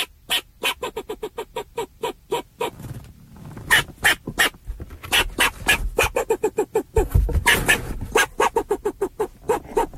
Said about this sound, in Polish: No to jest zaskakujące. Beatbox, szczekanie psa. Ja nie wiem, jakby to można jeszcze nazwać, ale to są odgłosy wiewiórki.